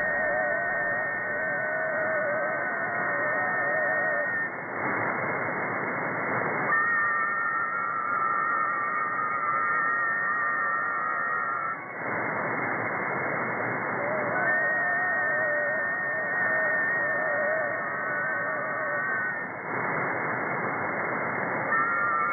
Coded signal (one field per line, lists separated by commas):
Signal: FT4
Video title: 28180 kHz - FT4 Weak Signal Digital Mode